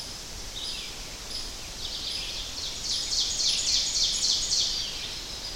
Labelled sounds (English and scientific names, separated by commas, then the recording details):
Ovenbird (Seiurus aurocapilla) song
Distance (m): 40 m
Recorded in boreal forest in Alberta, Canada, on 10 June 2016 at 08:19
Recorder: SongMeter 3, array SBT-3-39
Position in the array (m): 234 m, 147 m
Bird 17